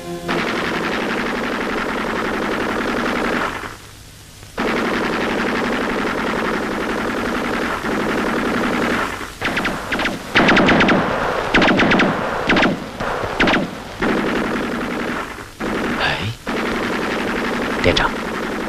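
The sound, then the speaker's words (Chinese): Loud bursts of fire from an enemy sentry machine gun ahead, rapid sharp cracks in uneven volleys, over a steady roaring background; the shooting grows choppier and more intense through the second half. “不，这是敌人值班机枪。”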